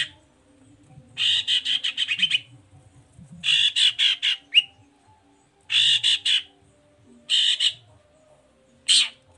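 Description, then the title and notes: Long-tailed shrike giving harsh, rasping chattering bursts of rapid notes, separated by pauses of about one to two seconds. Morning singing with varied "toet toet" notes, used as a lure to provoke other long-tailed shrikes into answering. "Cendet Gacor Dor Di Kala Pagi Toet Toet Variasi Suara. Pancingan Emosi Cendet Gacor Full Variasi Toet Toet Bikin Nyaut Cendet Lain Langsung Ikutan Bunyi. Burung cendet"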